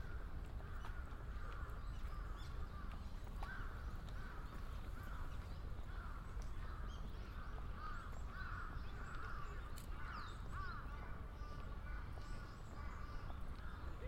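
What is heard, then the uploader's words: A field recording from a city park, with a thick, steady murmur of many overlapping voices and bird calls. Crows caw repeatedly throughout, with clearer calls around the middle and near ten seconds, over a low constant rumble from the surrounding city. A binaural field recording made in Ueno Park, Tokyo.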